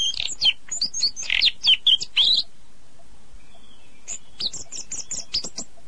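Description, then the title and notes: Birds giving rapid, loud chirps and twittering notes in a dense burst, then a pause, then a softer run of high chirps. "Burung Kompilasi Suara Murai Air Cililin Gereja Tarung Kenari. kumpulan suara burung"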